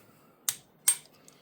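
A torque wrench set to about 80 tightens a fastener in a saw assembly in a cross pattern; this is the fastener that had stripped out before. The wrench gives a sharp click at 0.5 s, confirming it reached the setting, followed by a second sharp snap at 0.9 s and a faint tick at 1.3 s.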